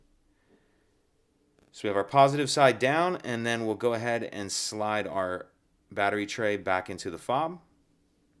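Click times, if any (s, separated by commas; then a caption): none. Someone talks while a plastic battery tray holding a CR2032 coin cell, placed positive side down, is handled to be slid back into the remote key fob housing of a 2008–2016 Audi A5 during a battery replacement. Nothing has seated or clicked yet; the tray is meant to go in until it clicks.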